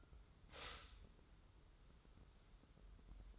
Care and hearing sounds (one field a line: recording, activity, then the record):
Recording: daily activity, microphone in the room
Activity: stop toaster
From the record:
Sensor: 3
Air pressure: 994.4 hPa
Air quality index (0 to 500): 199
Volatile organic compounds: 1000 ppm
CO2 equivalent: 6598 ppm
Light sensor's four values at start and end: 188/451/190/190 and 188/451/190/190